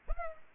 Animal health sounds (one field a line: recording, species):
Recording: mosquito wingbeat signal from an infrared sensor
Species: Culex pipiens